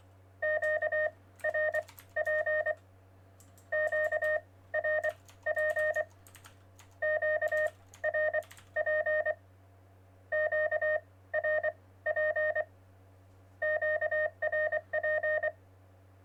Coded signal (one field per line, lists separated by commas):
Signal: Morse code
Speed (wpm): 24 wpm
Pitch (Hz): 620 Hz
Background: none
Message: QRP QRP QRP QRP QRP